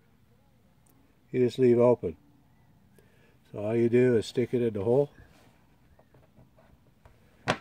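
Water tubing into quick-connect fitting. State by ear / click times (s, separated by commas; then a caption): seated / 7.5 s. Someone talks while plastic water tubing is stuck into a push-to-connect quick-connect fitting on a water treatment unit. After a quiet stretch, a single sharp, bright click at 7.5 s marks the tubing snapping into place, seated in the fitting, and it is then pulled on to check that it is tight.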